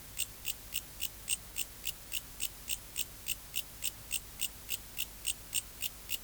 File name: Bio Acoustica. Mecopoda elongata